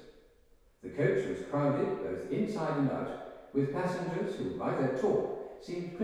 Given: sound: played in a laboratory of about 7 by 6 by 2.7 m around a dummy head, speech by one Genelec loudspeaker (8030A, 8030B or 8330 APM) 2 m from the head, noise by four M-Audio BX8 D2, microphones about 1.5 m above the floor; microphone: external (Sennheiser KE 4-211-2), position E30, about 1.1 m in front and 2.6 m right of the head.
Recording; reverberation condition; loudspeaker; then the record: male speech in English; high; in front (0 degrees)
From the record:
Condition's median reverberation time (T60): about 1300 ms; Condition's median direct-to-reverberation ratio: about -4.0 dB